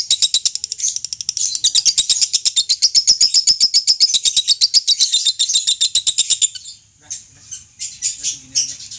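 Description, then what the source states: Lovebird chattering song, a fast run of high, buzzy chirps repeated about four per second, then breaking into scattered squeaky notes near the end. Fretty-type lovebird, owned by Om Barnas.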